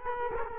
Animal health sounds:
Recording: mosquito wingbeat signal from an infrared sensor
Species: Culex quinquefasciatus

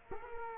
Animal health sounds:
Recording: mosquito wingbeat signal from an infrared sensor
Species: Culex quinquefasciatus

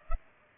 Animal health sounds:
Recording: mosquito wingbeat signal from an infrared sensor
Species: Culex pipiens

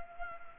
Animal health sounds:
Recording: mosquito wingbeat signal from an infrared sensor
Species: Culex pipiens

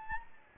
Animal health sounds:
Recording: mosquito wingbeat signal from an infrared sensor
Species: Anopheles gambiae

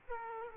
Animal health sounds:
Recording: mosquito wingbeat signal from an infrared sensor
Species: Aedes aegypti

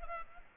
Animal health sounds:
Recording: mosquito wingbeat signal from an infrared sensor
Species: Culex pipiens

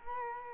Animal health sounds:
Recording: mosquito wingbeat signal from an infrared sensor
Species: Culex quinquefasciatus

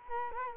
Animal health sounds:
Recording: mosquito wingbeat signal from an infrared sensor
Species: Culex quinquefasciatus

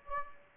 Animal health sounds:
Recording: mosquito wingbeat signal from an infrared sensor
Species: Anopheles gambiae

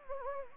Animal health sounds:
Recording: mosquito wingbeat signal from an infrared sensor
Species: Anopheles gambiae

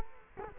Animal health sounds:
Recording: mosquito wingbeat signal from an infrared sensor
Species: Culex quinquefasciatus

